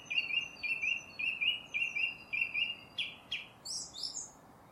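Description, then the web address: Song thrush song: one short chirping phrase repeated several times at a steady pace, then two sharp notes and a higher twittering flourish. "cianscape birddata Deverinetal 2025"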